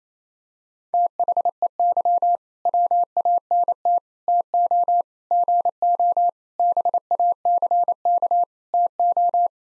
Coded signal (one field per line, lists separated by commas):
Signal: Morse code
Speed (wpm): 28 wpm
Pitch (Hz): 700 Hz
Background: none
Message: THEY WANT TO GO BACK TO